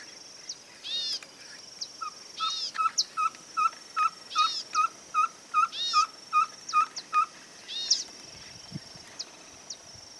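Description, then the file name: Ferruginous pygmy owl giving a steady series of short, even whistled toots, about two or three per second, with another bird's arched chirps and a constant high whine behind. "Cabure-Chico Voz"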